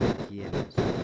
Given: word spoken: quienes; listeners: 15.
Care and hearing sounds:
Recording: one Spanish word in noise, from a listening test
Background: noise modulated by one talker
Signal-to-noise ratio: -11.1 dB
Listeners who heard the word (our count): 3 of 15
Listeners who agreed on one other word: 9 of 15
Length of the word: 0.64 s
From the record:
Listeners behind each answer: 9, 3, 1, 1, 1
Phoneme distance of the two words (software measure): 10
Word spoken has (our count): 2 syllables, 6 phonemes, stress on syllable 1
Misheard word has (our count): 2 syllables, 6 phonemes, stress on syllable 1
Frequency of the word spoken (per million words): 227.73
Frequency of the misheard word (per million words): 55.97

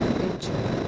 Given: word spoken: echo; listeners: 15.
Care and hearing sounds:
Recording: one Spanish word in noise, from a listening test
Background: noise modulated by three-talker babble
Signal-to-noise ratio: -6.1 dB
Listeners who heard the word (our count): 6 of 15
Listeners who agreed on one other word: 6 of 15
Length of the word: 0.48 s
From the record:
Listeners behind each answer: 6, 6, 1, 1, 1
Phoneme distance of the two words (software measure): 17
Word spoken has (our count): 2 syllables, 3 phonemes, stress on syllable 1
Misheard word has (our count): 2 syllables, 4 phonemes, stress on syllable 1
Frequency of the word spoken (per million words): 4.02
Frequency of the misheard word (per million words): 545.62

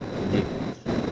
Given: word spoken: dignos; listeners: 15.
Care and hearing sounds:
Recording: one Spanish word in noise, from a listening test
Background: noise modulated by three-talker babble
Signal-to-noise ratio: -3.3 dB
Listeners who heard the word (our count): 1 of 15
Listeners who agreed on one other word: 6 of 15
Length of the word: 0.72 s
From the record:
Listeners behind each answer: 6, 3, 1, 1, 1, 1, 1, 1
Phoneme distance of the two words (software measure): 30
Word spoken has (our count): 2 syllables, 6 phonemes, stress on syllable 1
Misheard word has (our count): 2 syllables, 6 phonemes, stress on syllable 1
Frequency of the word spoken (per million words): 4.91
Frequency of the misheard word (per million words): 112.38

